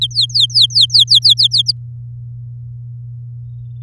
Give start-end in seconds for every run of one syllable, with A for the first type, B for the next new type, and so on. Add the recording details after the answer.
0.01-1.72 A. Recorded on 8 May 2018 at 12:10. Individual llb16